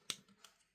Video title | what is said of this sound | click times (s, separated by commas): Double Feature Special! TF: One Quintesson High Commander and SS TF: One Optimus Prime | you want to peg those and it will click into place. | 0.1 s